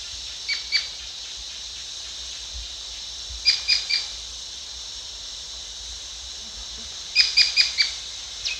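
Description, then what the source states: Rufous Piculet calls: clipped, high ticking notes in small bursts of two to four, repeated every few seconds over continuous droning insects. Recorded at Danum on 1 April 2006.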